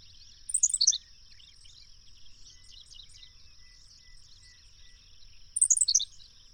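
Bird sings a rapid descending burst of high chirps, silent but for faint twitters and a steady hum, then repeats the same phrase about five seconds later.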